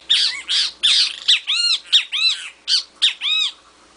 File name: BEM TE VI